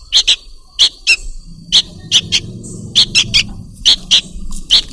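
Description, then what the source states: Bird calls, sharp high clicking chips in pairs and triplets, repeated in bursts, over a low rumbling hum in the middle. Lure call compilation used to attract birds that are hard to approach.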